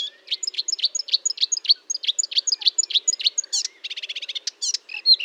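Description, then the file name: Marsh warbler song of crisp high notes repeated rapidly, then a dry buzzing trill and varied sharp phrases. Fontaine-Française, France, 1 June 2022, 10:55; recorded with a Nagra recorder and Telinga parabolic microphone. "Rousserolle verderolle 1055 Fontaine-Francaise-Fourneau"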